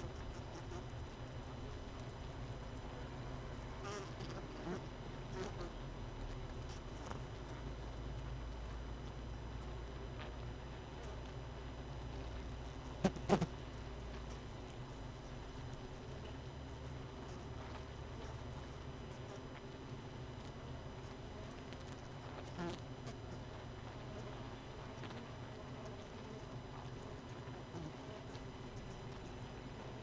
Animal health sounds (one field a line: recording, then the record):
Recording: honeybee colony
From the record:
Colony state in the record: missing queen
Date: 31 May 2018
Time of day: 18:27